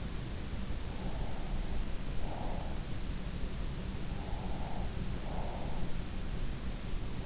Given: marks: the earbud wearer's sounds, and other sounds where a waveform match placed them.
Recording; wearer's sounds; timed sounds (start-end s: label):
sounds in sleep by an in-ear microphone; breath
0.78-2.75 s: breath
4.14-5.87 s: breath